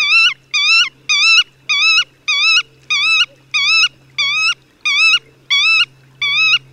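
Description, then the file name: Black-tailed godwit calling: a steady series of nasal, wavering notes, each about a third of a second long, repeated roughly every two-thirds of a second against a faint low hum. "Rycyk"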